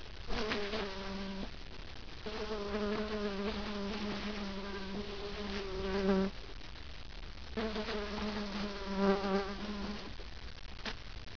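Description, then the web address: Bees buzzing in bursts, a steady low droning hum with rich overtones that swells, breaks off and returns several times. "halla halla bees"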